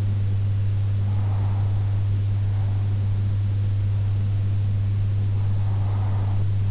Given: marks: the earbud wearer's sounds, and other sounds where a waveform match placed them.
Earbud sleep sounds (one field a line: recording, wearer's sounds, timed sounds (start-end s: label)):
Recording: sounds in sleep by an in-ear microphone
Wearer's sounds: breath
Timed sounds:
0.72-2.72 s: breath
4.72-6.71 s: breath